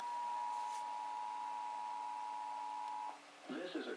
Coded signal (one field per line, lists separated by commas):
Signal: Emergency Alert System (SAME) tones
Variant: 853 and 960 Hz attention tone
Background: speech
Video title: (EAS #961-972) Required Monthly Tests From 3/3/2024